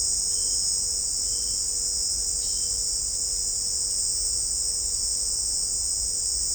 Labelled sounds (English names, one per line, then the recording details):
none
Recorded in dense forest near Puerto Asís, Putumayo, Colombia, on 20 December 2024 at 16:30
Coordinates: 0.499, -76.324
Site G045